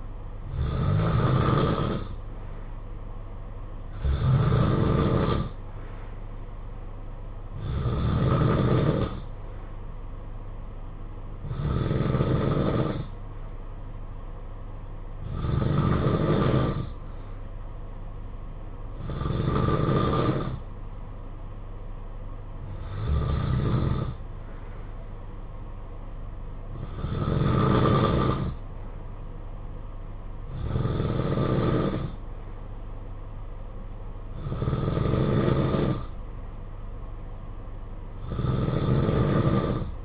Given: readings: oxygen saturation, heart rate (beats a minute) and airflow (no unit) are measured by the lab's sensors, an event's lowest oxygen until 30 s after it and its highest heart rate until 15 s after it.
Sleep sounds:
breathing in sleep by a smartphone at the bedside; none
none scored
From the record:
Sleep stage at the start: N2 (light sleep); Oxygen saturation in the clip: 91 to 93%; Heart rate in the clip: 54 to 59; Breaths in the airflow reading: 11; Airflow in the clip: -9.2 to 4.9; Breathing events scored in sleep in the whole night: 476 in 9.7 hours asleep

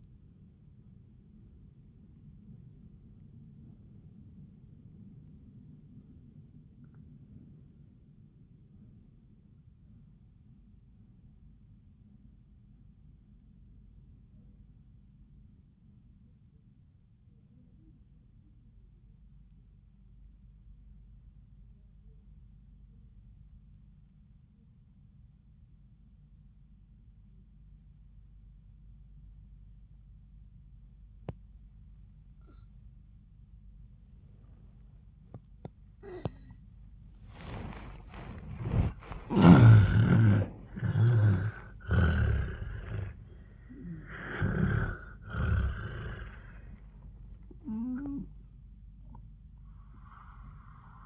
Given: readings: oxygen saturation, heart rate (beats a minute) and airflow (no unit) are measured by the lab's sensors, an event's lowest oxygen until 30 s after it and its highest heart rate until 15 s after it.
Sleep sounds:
a person awake in a sleep study, by a smartphone at the bedside; 1
3.00-38.20 s: obstructive apnea (N1, oxygen 98% highest, then 85% lowest, heart rate 67 at the start, 88 highest)
11.00-51.05 s: new sleep stage, awake
13.00-51.05 s: awake
From the record:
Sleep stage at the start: N1 (lightest sleep); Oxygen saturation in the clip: 86 to 98%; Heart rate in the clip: 67 to 88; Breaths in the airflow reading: 3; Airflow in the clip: -6.0 to 3.6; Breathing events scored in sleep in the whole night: 400 in 8.7 hours asleep

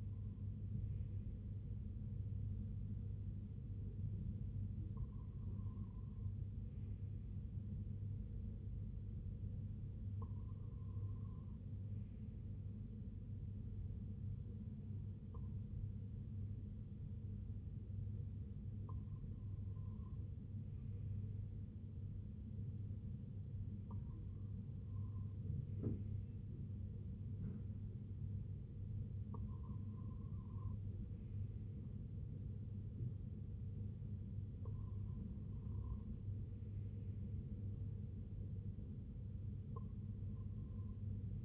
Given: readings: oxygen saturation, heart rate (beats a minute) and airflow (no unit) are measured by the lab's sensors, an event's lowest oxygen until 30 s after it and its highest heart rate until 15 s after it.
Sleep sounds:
breathing in sleep by a smartphone at the bedside; none
none scored
From the record:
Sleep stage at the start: REM sleep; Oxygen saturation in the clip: 95 to 96%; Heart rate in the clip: 59 to 72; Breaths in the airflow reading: 9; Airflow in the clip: -5.8 to 3.6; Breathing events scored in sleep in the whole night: 258 in 7.4 hours asleep

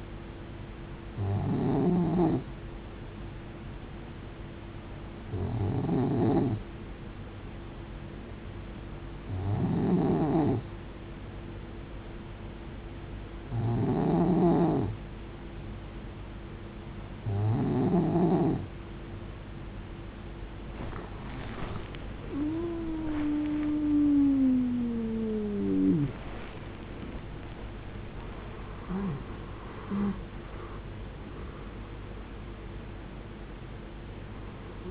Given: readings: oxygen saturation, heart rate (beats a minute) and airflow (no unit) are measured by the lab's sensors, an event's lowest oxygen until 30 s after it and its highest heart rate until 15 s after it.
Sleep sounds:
breathing in sleep by a voice recorder at the bedside; 1
4.00-24.10 s: hypopnea (N2, oxygen 92% highest, then 91% lowest)
From the record:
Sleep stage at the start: N2 (light sleep); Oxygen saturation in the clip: 91 to 93%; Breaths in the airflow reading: 7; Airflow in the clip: -13.8 to 18.7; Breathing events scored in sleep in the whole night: 389 in 6.3 hours asleep

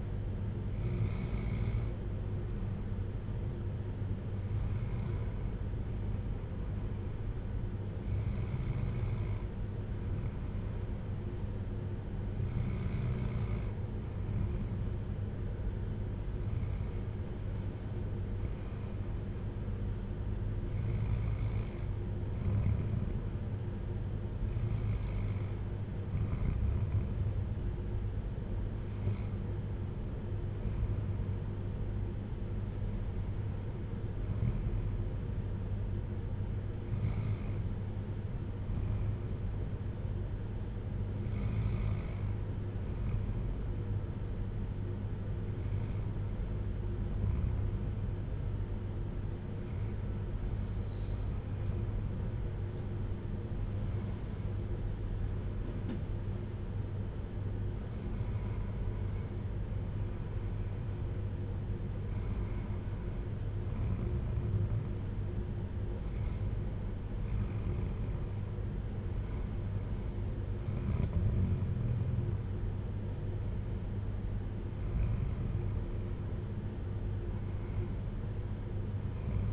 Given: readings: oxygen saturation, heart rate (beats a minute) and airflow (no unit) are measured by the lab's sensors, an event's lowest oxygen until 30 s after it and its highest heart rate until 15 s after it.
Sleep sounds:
breathing in sleep by a smartphone at the bedside; none
none scored
From the record:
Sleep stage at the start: N2 (light sleep); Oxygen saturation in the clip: 93 to 95%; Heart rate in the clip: 53 to 61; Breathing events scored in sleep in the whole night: 310 in 8.1 hours asleep

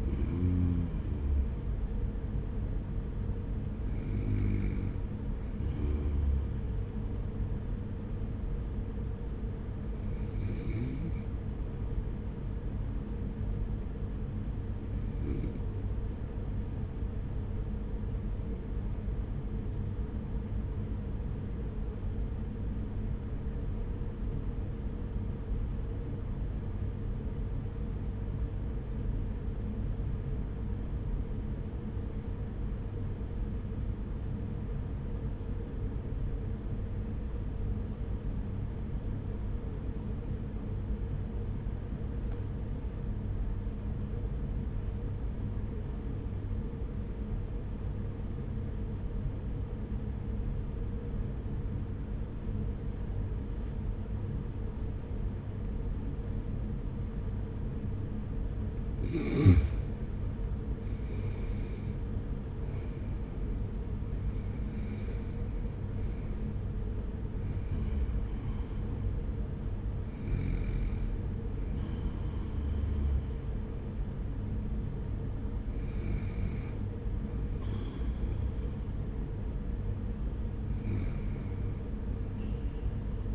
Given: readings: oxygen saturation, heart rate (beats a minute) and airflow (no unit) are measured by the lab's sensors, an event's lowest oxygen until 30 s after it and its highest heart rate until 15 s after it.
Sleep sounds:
breathing in sleep by a smartphone at the bedside; 1
15.00-60.80 s: obstructive apnea (N1, oxygen 97% highest, then 83% lowest, heart rate 46 at the start, 59 highest)
36.00-66.00 s: new sleep stage, N2 (light sleep)
66.00-83.35 s: new sleep stage, N1 (lightest sleep)
From the record:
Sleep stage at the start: N1 (lightest sleep); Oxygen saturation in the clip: 83 to 97%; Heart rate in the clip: 41 to 59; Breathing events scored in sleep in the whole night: 210 in 6.9 hours asleep

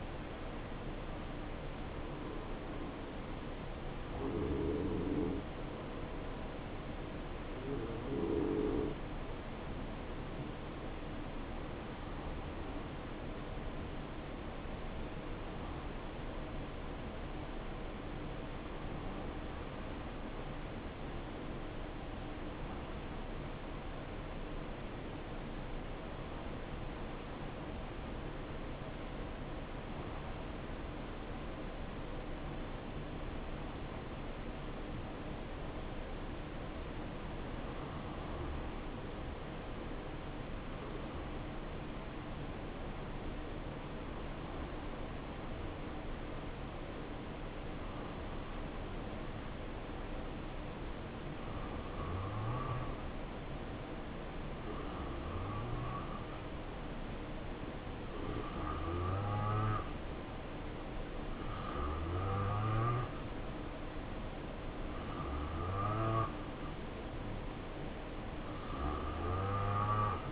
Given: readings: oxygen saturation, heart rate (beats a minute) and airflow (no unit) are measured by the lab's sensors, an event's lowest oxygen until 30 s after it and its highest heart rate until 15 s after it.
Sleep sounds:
breathing in sleep by a voice recorder at the bedside; 1
9.00-61.90 s: hypopnea (N2, oxygen 92% highest, then 89% lowest, heart rate 68 at the start, 73 highest)
From the record:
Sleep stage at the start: N2 (light sleep); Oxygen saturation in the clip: 90 to 92%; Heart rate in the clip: 64 to 70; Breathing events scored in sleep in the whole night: 277 in 7.4 hours asleep

